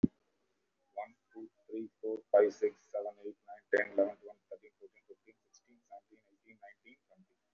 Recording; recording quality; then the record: counting at a fast pace; excellent, no background noise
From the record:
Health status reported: recovered from COVID-19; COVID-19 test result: positive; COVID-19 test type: RT-PCR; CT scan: taken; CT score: 0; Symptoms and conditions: cold, muscle pain, pneumonia, another respiratory illness, another condition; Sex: male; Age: 33 years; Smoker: no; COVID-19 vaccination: both doses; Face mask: worn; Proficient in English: yes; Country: India